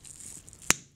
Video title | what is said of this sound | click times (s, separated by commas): Advanced Bleeding Control Kit | click did you guys hear that click these these pins popped out | 0.7 s